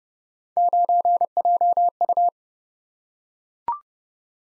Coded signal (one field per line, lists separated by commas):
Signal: Morse code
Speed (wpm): 29 wpm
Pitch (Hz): 700 Hz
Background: none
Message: 9JU